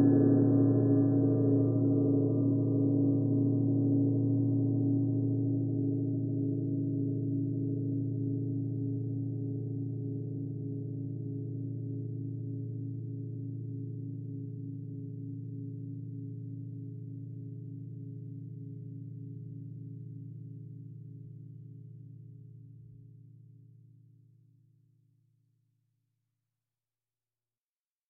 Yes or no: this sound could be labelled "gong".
yes